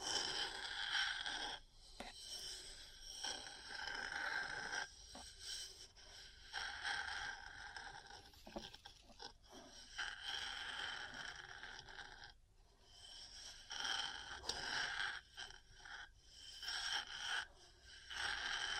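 Metal parts scratch and scrape in rough, bright bursts lasting a second or two, broken by brief pauses and occasional sharp clicks.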